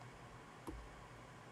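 A horn joint on the head of a plastic transforming robot figure is pulled out and clicks into a ratcheting detent position, with a single small, sharp click at 0.7 s over a steady background hiss. The horn seats in the detent.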